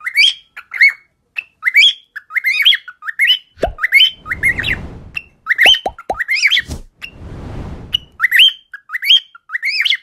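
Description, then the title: Cockatiel singing with upward-sweeping chirpy whistles, broken by low rustling or scraping noises and a few sharp clicks in the middle. Several cockatiels singing, whistling. "Calopsitas Cantando Assobio"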